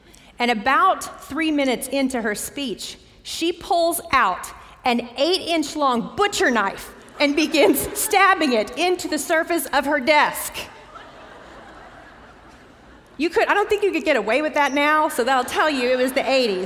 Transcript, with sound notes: And about three minutes into her speech, she pulls out an eight-inch-long butcher knife and begins stabbing it into the surface of her desk! [laughter] I don't think you could get away with that now, so that will tell you it was the '80s.